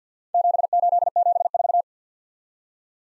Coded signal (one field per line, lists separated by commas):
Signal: Morse code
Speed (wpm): 53 wpm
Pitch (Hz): 700 Hz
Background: none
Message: 7874